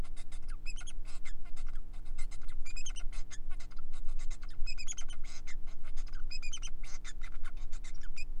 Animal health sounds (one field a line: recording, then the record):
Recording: song of a male Bengalese finch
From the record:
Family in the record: son of father 4